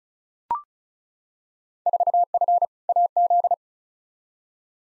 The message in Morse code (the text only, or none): 4F AZ